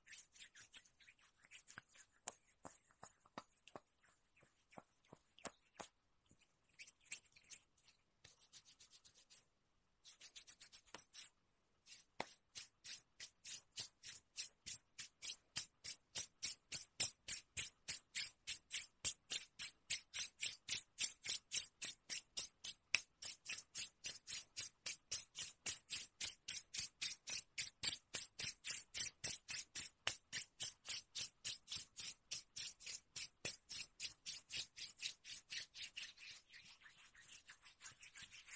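Skin being rubbed in quick, crisp strokes. For the first dozen seconds the rubs come unevenly with short pauses; after that they settle into a steady, fast rhythm of several bright, dry swipes per second that continues to the end, clear.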